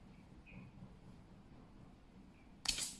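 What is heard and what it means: A tensioned elastic shock cord in a tent pole end fitting slips free as the metal end piece is loosened and removed. After about 2.6 seconds of quiet low hum with faint high chirps, it shoots back into the hollow pole with a sharp, bright snap at 2.7 s. The snap marks the cord being released inward.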